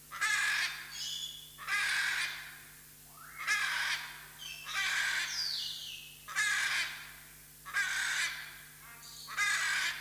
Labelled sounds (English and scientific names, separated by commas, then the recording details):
Hyacinth Macaw (Anodorhynchus hyacinthinus) call
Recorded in captivity
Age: adult
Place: Zoo Berlin, Berlin, DE
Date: 2003-09-18 15:07
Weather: sonnig, 23°C
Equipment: Fair Mate ST-1328 (Asahi Electronics, Japan), Sennheiser ME 80, Kopie Uher 4000 Report Monitor
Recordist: Tembrock, Günter
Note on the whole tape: Zwei Tiere: Rufe. Starkes Grundrauschen